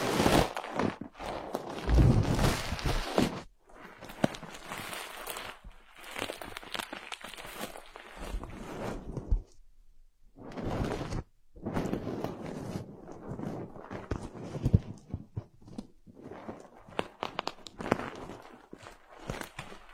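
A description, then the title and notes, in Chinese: An ear massage makes rough rubbing and rustling in uneven bursts, with short silent gaps near four, ten and eleven seconds. 按摩耳朵，一些让人放松的声音。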